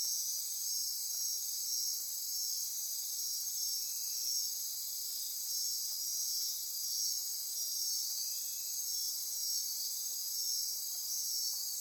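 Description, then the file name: Insect chorus of many shrill overlapping trills forming an unbroken high hiss. Insect chorus recorded at midnight near Corcovado. "Wind-is-the-Original-Radio-Fridays 20240628 Andy-Martin Midnight-Insect-Chorus-Near-Corcovado"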